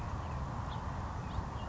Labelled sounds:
House Finch (Haemorhous mexicanus)
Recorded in Sonoma County, California

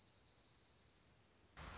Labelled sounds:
Dark-eyed Junco (Junco hyemalis)
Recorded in Sonoma County, California

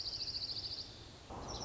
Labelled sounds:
Dark-eyed Junco (Junco hyemalis)
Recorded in Sonoma County, California

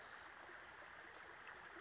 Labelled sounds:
Western Flycatcher (Empidonax difficilis)
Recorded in Sonoma County, California

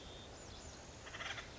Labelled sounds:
Acorn Woodpecker (Melanerpes formicivorus)
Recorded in Sonoma County, California

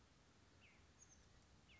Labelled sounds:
Oak Titmouse (Baeolophus inornatus)
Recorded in Sonoma County, California

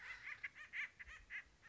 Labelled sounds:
Acorn Woodpecker (Melanerpes formicivorus)
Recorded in Sonoma County, California

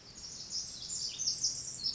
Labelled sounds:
Pacific Wren (Troglodytes pacificus)
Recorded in Sonoma County, California

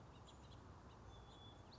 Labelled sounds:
House Finch (Haemorhous mexicanus)
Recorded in Sonoma County, California

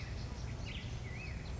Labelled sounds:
Black-headed Grosbeak (Pheucticus melanocephalus)
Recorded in Sonoma County, California

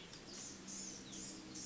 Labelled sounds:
Blue-gray Gnatcatcher (Polioptila caerulea)
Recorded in Sonoma County, California

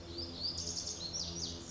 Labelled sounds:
Lazuli Bunting (Passerina amoena)
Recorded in Sonoma County, California

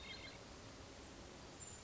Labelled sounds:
Hermit Thrush (Catharus guttatus)
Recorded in Sonoma County, California

